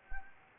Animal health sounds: mosquito wingbeat signal from an infrared sensor; Anopheles gambiae

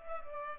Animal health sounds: mosquito wingbeat signal from an infrared sensor; Culex pipiens

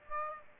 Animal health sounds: mosquito wingbeat signal from an infrared sensor; Aedes aegypti

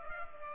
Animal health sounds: mosquito wingbeat signal from an infrared sensor; Culex pipiens

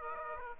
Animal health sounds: mosquito wingbeat signal from an infrared sensor; Aedes aegypti

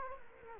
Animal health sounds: mosquito wingbeat signal from an infrared sensor; Culex quinquefasciatus

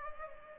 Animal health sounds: mosquito wingbeat signal from an infrared sensor; Culex pipiens

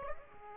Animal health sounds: mosquito wingbeat signal from an infrared sensor; Aedes aegypti

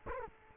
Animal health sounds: mosquito wingbeat signal from an infrared sensor; Culex quinquefasciatus

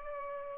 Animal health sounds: mosquito wingbeat signal from an infrared sensor; Culex pipiens

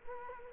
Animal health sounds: mosquito wingbeat signal from an infrared sensor; Culex quinquefasciatus

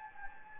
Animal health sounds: mosquito wingbeat signal from an infrared sensor; Anopheles gambiae

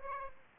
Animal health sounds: mosquito wingbeat signal from an infrared sensor; Aedes aegypti

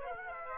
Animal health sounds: mosquito wingbeat signal from an infrared sensor; Aedes aegypti

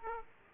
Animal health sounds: mosquito wingbeat signal from an infrared sensor; Aedes aegypti

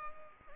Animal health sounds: mosquito wingbeat signal from an infrared sensor; Anopheles arabiensis

